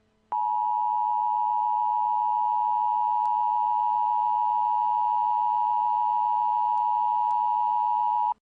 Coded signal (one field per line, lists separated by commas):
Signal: Emergency Alert System (SAME) tones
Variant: 853 and 960 Hz attention tone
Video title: Emergency Alert System Mock: Murderous Clowns